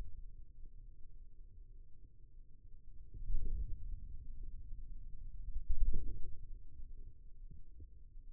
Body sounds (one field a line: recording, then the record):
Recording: forearm muscle sounds (acoustic myography)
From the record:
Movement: wrist flexion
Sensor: system 2, bracelet of six BSWA MPA416 microphones around the upper forearm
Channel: 3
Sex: male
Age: 22 years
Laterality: right